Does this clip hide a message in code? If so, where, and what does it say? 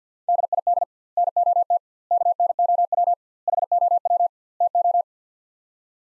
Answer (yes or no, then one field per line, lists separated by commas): yes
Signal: Morse code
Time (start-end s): 0.3-5.0 s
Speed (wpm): 47 wpm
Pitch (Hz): 700 Hz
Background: none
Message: DID NOT KNOW HOW TO